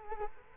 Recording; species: mosquito wingbeat signal from an infrared sensor; Culex quinquefasciatus